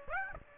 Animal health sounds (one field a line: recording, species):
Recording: mosquito wingbeat signal from an infrared sensor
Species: Aedes aegypti